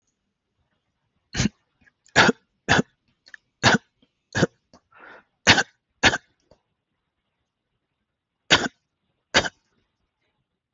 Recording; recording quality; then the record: shallow voluntary cough; excellent, no background noise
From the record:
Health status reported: healthy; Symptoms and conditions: hypertension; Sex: male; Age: 50 years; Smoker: not ticked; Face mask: not worn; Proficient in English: yes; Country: India